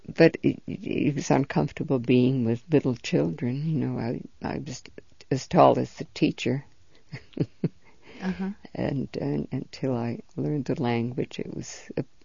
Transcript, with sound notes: it was uncomfortable being with little children, you know. I was as tall as the teacher. ( she laughs ) And until I learned the language it was a